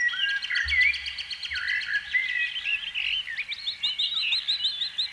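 Canary singing a dense, continuous warble of sweet whistles, slurred notes and quick chirps, with a few brief low thumps beneath.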